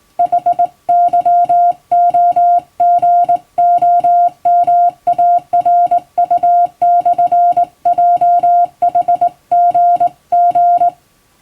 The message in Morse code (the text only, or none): HYOGOMARU/JHGG